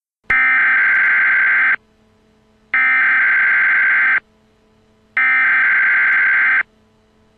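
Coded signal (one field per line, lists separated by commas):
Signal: Emergency Alert System (SAME) tones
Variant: header bursts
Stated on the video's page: Simulated, requested EAS scenario with local area emergency, hazardous materials, shelter-in-place and civil danger warnings.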